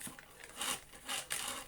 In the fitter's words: Are you ever going to click?